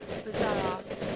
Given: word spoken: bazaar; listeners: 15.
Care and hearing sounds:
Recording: one English word in noise, from a listening test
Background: noise modulated by three-talker babble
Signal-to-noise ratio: -4.5 dB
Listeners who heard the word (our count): 0 of 15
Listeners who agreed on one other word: 14 of 15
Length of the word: 0.76 s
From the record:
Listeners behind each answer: 14, 1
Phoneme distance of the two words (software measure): 10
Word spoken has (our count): 2 syllables, 4 phonemes, stress on syllable 2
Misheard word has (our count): 2 syllables, 4 phonemes, stress on syllable 2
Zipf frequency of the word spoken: 2.90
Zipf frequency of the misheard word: 4.22

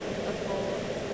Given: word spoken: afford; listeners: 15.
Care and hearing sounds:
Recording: one English word in noise, from a listening test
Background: speech-shaped noise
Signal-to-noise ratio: -4.6 dB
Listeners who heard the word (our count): 0 of 15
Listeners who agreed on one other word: 6 of 15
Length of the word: 0.74 s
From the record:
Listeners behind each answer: 6, 2, 1, 1, 1, 1, 1, 1, 1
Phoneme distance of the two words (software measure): 24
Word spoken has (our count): 2 syllables, 4 phonemes, stress on syllable 2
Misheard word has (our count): 2 syllables, 4 phonemes, stress on syllable 2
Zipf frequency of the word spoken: 4.76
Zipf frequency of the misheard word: 5.88

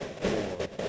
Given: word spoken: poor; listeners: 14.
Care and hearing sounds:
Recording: one English word in noise, from a listening test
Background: noise modulated by three-talker babble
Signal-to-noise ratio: -6.9 dB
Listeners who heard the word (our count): 0 of 14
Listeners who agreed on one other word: 6 of 14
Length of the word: 0.49 s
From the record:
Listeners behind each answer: 6, 1, 1, 1, 1, 1, 1, 1, 1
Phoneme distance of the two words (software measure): 20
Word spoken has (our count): 1 syllable, 2 phonemes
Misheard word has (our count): 1 syllable, 2 phonemes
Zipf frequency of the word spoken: 5.05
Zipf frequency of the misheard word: 5.26

